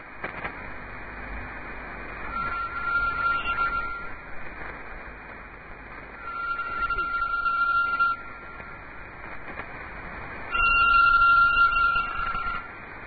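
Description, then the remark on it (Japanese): A telephone rings in three separate bursts, each lasting about two seconds with pauses between, a buzzy mid-pitched trill over steady hiss, growing slightly louder with each ring. “それから間もなく電話があり、彼女はデートの誘いを OK したのです。”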